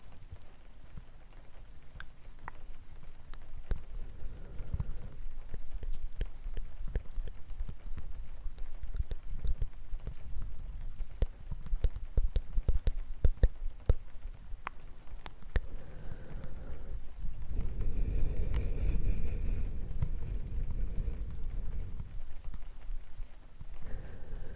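Light, irregular tapping runs throughout, sharp little clicks scattered densely over a soft, rainy hiss. A low, breathy rumble rises and swells in the middle, strongest around seconds 17 to 21, then eases before a brief return near the end.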